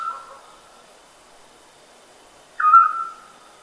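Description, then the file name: Owl call: a short whistled note that starts sharply and slides down, heard once clearly after a fainter trailing note at the start; otherwise quiet. "uggla ljud"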